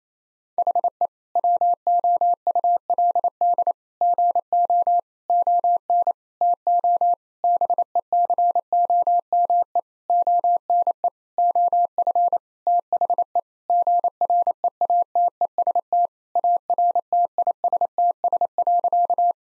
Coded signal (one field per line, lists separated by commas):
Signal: Morse code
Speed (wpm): 28 wpm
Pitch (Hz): 700 Hz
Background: none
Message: HE WOULD GO ON TO BECOME ONE OF THE GREATEST ARTISTS.